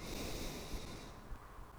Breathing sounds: one breath near a microphone; exhalation

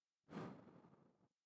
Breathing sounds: one breath near a microphone; exhalation

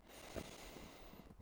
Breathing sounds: one breath near a microphone; inhalation

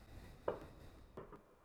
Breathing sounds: one breath near a microphone; exhalation

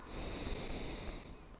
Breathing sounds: one breath near a microphone; exhalation

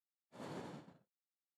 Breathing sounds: one breath near a microphone; exhalation

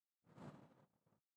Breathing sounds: one breath near a microphone; exhalation

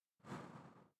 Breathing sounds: one breath near a microphone; exhalation

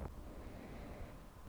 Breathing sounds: one breath near a microphone; inhalation

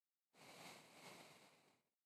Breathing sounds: one breath near a microphone; exhalation

